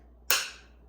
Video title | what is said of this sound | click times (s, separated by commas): Neakasa Magic 1 Vacuum Travel Steamer – Portable Garment Steamer | Go ahead and just insert it right there, and then you know that it's back permanently in place once you hear the click. | 0.3 s